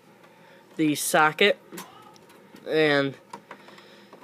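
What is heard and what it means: A graphics card is lined up with the motherboard expansion slot of a Dell Optiplex GX745 while someone talks. Brief faint clicks and taps of handling follow, near 1.8, 2.2, 3.3, 3.5 and 4.1 seconds. Nothing has seated or clicked yet.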